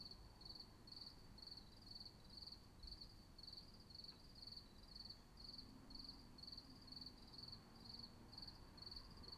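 Cricket chirps in a regular pulsing train, roughly two bursts each second, over a low background hum.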